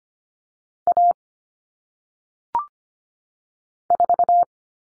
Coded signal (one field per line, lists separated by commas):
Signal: Morse code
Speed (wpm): 25 wpm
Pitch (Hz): 700 Hz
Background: none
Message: A 4